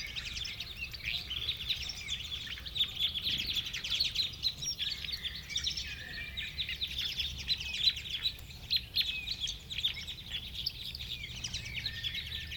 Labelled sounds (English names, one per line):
Red Crossbill song